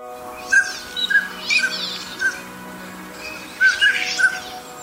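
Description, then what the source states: Northern pintail calls: clear whistled notes with airy, wheezy bursts, over a faint hum. Recorded in the suburbs of Tokyo, Japan.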